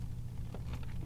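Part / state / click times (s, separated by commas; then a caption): diecast model car base into car body / not seated / none. Someone presses hard on the loosened metal base of a diecast model car, trying to snap it back into the car body, over a steady low hum with two faint, brief ticks near 0.6 s and 0.8 s. Nothing has seated or clicked yet; the base has not snapped into place.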